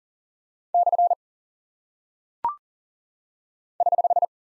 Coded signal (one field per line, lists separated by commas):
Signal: Morse code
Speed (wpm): 42 wpm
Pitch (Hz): 700 Hz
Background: none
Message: / <HH>